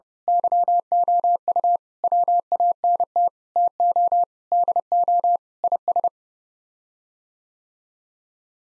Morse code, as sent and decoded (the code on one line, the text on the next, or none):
-.-- --- ..- / .-- .- -. - / - --- / -.. --- / .. ...
YOU WANT TO DO IS